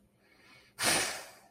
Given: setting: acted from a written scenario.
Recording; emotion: vocal sound without words; anger